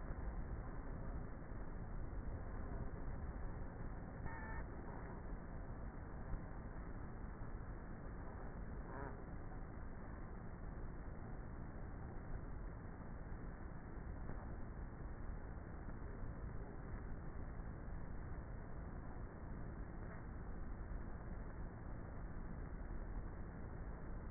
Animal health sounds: honeybee colony, microphone inside the hive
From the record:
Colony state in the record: queenless with a low population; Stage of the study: before two queens were removed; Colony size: about 30,000 bees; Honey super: no

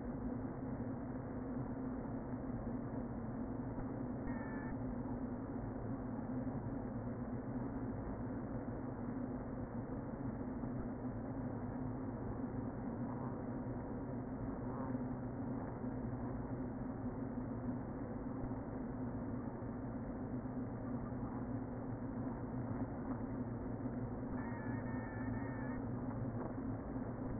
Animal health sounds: honeybee colony, microphone inside the hive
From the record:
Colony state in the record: queen present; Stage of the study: before two queens were removed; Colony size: about 60,000 bees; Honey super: yes

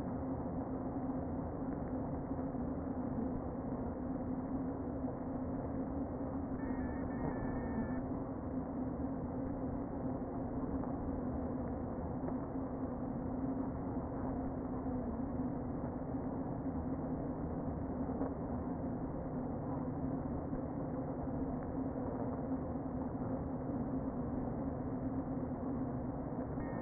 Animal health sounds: honeybee colony, microphone inside the hive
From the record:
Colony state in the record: queen present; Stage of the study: before two queens were removed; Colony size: about 60,000 bees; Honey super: yes

